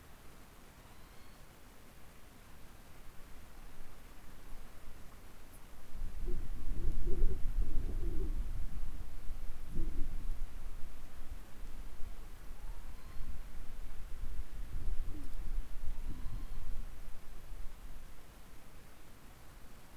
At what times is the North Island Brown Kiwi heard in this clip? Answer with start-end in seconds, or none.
none